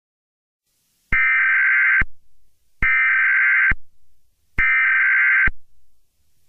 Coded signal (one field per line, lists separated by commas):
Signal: Emergency Alert System (SAME) tones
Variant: header bursts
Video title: EAS Scenario #40 Horror X